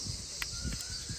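A component of the boot lid lock mechanism on a VW Passat B6 is fitted into the lock housing during a boot lock repair, with its protrusion lined up. A single sharp click at 0.4 s, over steady hiss and a faint bird- or insect-like background, marks it snapping into place, and it is seated correctly.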